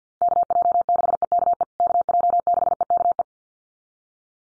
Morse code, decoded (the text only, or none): KJ6EKE KJ6EKE